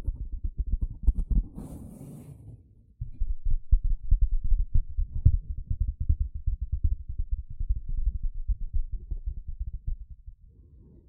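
A sponge is rubbed and squished in a dense run of soft, low scratching strokes that continue for the full length. Near the start there's a brief bright hiss around two seconds, then a short pause before the muffled rubbing resumes, thinning out toward the end.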